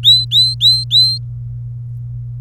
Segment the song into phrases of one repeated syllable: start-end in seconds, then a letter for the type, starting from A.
0.03-1.18 A